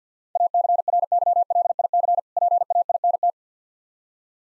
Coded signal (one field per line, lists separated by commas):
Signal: Morse code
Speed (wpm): 51 wpm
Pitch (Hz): 700 Hz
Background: none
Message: ACRYLIC PAINT